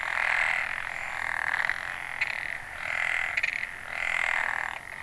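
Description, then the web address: Frog calls: dense, pulsing trills that swell and ebb in loudness several times, a few sharper clicks among them, over constant background hiss. Ehime, Japan, 29 May 2014. "ehimekennanyohokubu 140529 kaeru"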